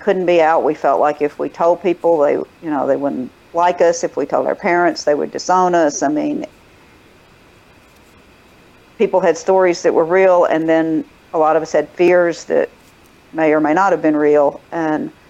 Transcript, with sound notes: We couldn’t be out, we felt like if we told people they would, you know…they wouldn’t like us, if we told our parents, they would disown us, I mean… [pause] people had stories that were real, and then a lot of us had fears that may or may not have been real, and